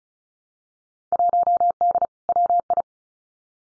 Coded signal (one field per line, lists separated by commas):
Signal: Morse code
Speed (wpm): 33 wpm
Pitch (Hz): 700 Hz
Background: none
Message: 1D WI